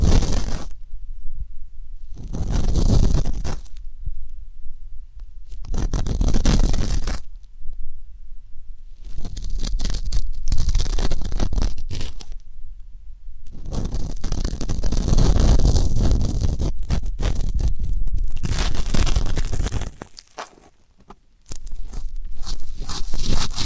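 Ear canal cleaning sounds come in bursts of muffled rubbing and scratchy scraping, each lasting a few seconds with short quiet gaps between them. The rustling is low and thick, with brighter crackles on top. Near the twentieth second everything drops to near silence briefly.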